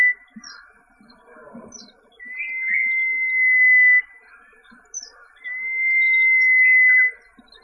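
Common iora song: two long, steady whistled notes at a level high pitch, each held nearly two seconds, separated by a pause, over faint chattering background birds.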